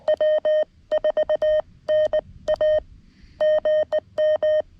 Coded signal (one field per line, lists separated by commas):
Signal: Morse code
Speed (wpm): 19 wpm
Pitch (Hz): 620 Hz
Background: none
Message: W4NA GM